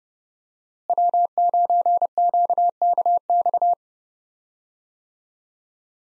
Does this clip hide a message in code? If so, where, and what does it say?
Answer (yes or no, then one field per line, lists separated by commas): yes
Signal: Morse code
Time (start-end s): 0.9-3.7 s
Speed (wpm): 30 wpm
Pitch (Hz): 700 Hz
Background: none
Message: W9QKX